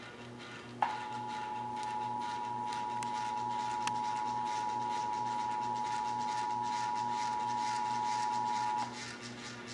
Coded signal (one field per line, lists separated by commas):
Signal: Emergency Alert System (SAME) tones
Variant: 853 and 960 Hz attention tone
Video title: (EAS #321-328) January 2023 Texas Required Monthly Test